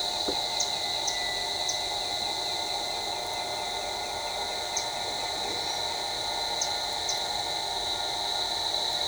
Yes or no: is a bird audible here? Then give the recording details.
no. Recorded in shrubland near Pivijay, Magdalena, Colombia, on 14 April 2023 at 08:30. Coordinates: 10.453, -74.365. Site P5-G022